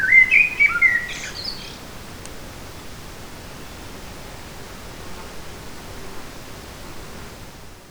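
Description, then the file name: Eurasian blackbird song: a brief burst of fluting, warbled notes with a few higher twittery bits in the first two seconds, then steady background hiss. Forest, 8 July 2018. "180708 blackbird forest"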